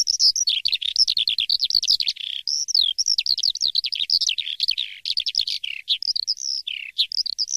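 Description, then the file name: Lark song: dense, hurried medley of warbled whistles and trills, delivered almost without a break. Masteran recording, used to train songbirds to copy song. "masteran untuk lark"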